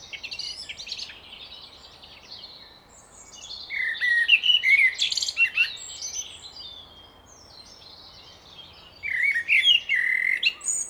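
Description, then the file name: Common blackbird song: bursts of warbled fluting notes mixed with thin high twittering, separated by quieter gaps. "Turdus merula"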